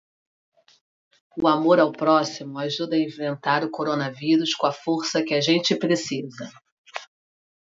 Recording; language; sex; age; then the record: spoken sentence; Brazilian Portuguese; female; 40 to 49 years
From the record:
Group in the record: control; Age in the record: 44 years